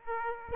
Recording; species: mosquito wingbeat signal from an infrared sensor; Aedes aegypti